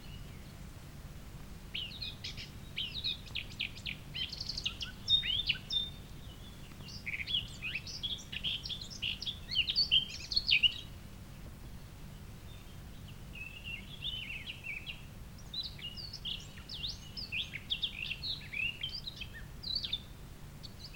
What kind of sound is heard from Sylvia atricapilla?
song